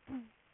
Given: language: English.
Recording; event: throat vibration sensor signal played as sound; throat clearing